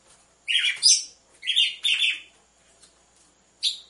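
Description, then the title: Red-cowled cardinal song: a few rich, harsh chattering phrases in quick succession, then a pause and one last bright note. Female song, used to warm up or stimulate males; set with the beat of two males. "Canto Galo Campina Fêmea 01. ESQUENTE GALO DE CAMPINA COM BATIDA DE DOIS MACHOS"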